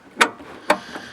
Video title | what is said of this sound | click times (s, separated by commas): DSC 0029 | the hose and I stick it through the hole here and it goes right onto this connector here and you hear it click that means it's locked in here okay | 0.2 s, 0.7 s